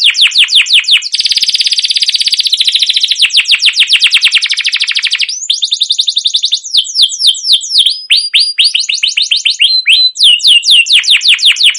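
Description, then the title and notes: Canary singing continuously: dense fast trills give way to rapid downward-sweeping chirps, all high-pitched, in a long unbroken flow. Long continuous chirping canary song, used as a lure to prompt young canaries to sing and learn. "CUIT CUIT NGEROL LANGSUNG GACOR PANJANG Kenari Ini Utk Pancingan KENARI PAUD BELAJAR BUNYI. burung kenari"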